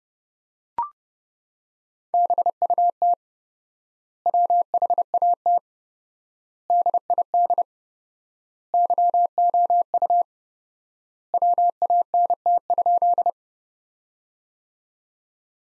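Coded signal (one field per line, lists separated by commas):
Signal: Morse code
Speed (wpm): 29 wpm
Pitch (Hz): 700 Hz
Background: none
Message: BUT WHAT DID YOU WANT?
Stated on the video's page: Morse practice of sentences from the top 200 words at 30 WPM with 4x standard word spacing, a Farnsworth-like method.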